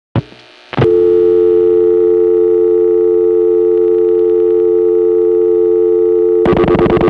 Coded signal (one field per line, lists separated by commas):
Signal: telephone call progress tone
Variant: North America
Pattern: dial tone